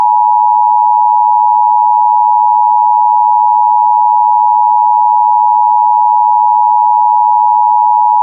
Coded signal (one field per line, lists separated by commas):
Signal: Emergency Alert System (SAME) tones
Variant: 853 and 960 Hz attention tone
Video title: EAS Scenario #2: Just Another Flu